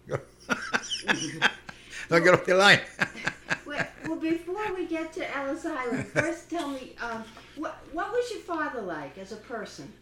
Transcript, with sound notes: Don't get off your line." ( he laughs )
Well, before we get to Ellis Island, first tell me, what was your father like as a person?